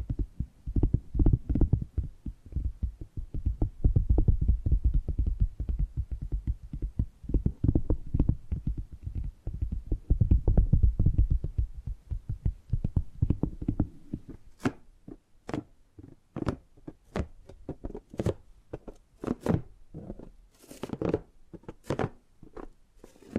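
Tapping and gripping sounds. The first fourteen seconds are a dense, rapid run of low, thumping taps mixed with rubbing handling noise. After that the taps thin out into sparser, sharper clicks, some crisp and bright, coming every half second or so.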